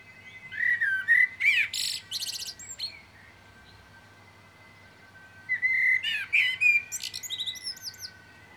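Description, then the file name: Common blackbird song with two full strophes, each a mellow whistled warble running into a burst of high, squeaky notes. "Turdus merula"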